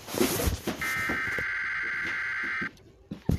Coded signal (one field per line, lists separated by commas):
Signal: Emergency Alert System (SAME) tones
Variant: header bursts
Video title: WTTE TV FOX 28 EAS TEST FAIL 2021